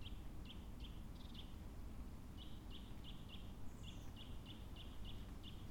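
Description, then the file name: Eurasian nuthatch: soft repeated whistled notes in loose series, a gap midway, then a steady run, all over heavy low-pitched background noise. "Sitta europaea"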